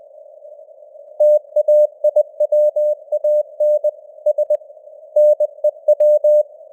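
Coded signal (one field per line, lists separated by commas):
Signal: Morse code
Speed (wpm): 20 wpm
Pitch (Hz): 600 Hz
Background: none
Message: TAIWAN S NEW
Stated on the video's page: News headlines at 20 wpm with simulated radio noise and varying signal strength (QSB).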